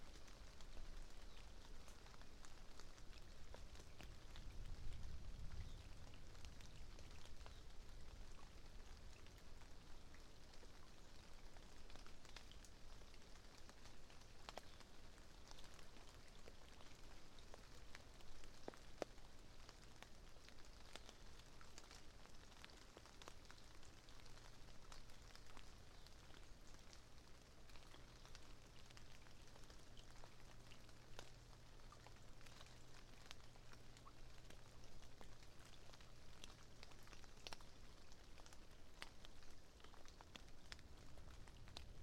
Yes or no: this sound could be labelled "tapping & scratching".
no